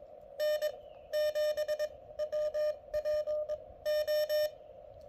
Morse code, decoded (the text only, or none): N7WPO